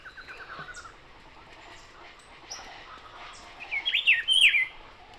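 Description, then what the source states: Rufous-browed Peppershrike singing a loud, varied warbled phrase near the end, after softer chips and a short series of notes from other birds. Recorded in the foreground at 6:00 a.m. on 28 March 2026 in Barichara, Santander, Colombia; Zoom H5 recorder with Crake Sound microphone.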